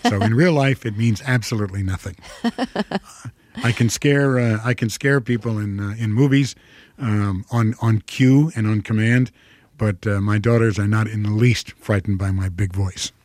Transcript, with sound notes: So in real life, it means absolutely nothing. (Soundbite of laughter) I can scare people in movies on cue and on command, but my daughters are not in the least frightened by my big voice.